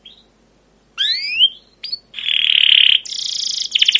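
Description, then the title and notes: Canary song fragments: a short note, a rising whistled slur, a loud buzzy rattle, then a harsh high phrase ending in quick repeated notes. Canary song used as a lure and tutor for teaching young canaries, with long continuous chirping. "CUIT CUIT NGEROL LANGSUNG GACOR PANJANG Kenari Ini AMPUH Utk Pancingan KENAR. PANCINGAN Kenari GACOR PANJANG Cuit CUIT EMOSI ini AMPUH utk MASTERAN Kenari PAUD belajar BUNYI. burung kenari"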